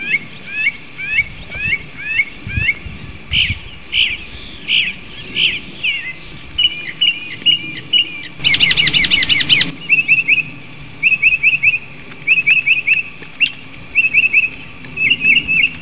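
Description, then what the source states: Bird song of short sharp chirps in a steady series, a burst of harsh buzzy chatter midway, then quick paired chips in rapid clusters. Master recording used for training songbirds.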